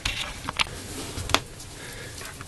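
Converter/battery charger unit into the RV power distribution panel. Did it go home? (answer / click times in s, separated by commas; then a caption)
yes / 1.3 s. A replacement Progressive Dynamics PD4655 converter/battery charger unit is fed up through the opening and pushed into its mount in the RV power distribution panel. Faint shuffling and light knocks lead to a sharp, short snap at 1.3 seconds. The converter module is seated in place.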